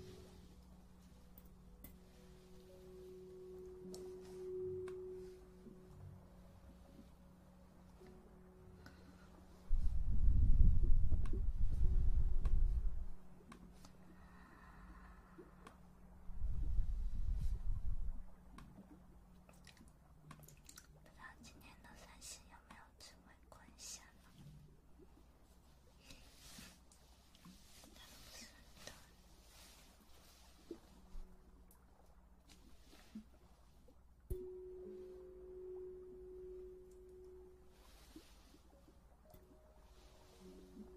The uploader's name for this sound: Intense Ear Massage